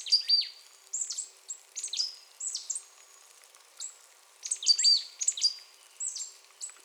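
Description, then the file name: Marsh tit calls, sharp high notes descending steeply, given in quick clusters. "Poecile palustris"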